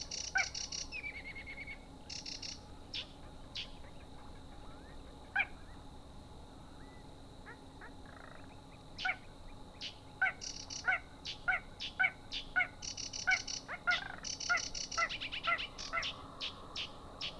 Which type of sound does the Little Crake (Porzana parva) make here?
mating call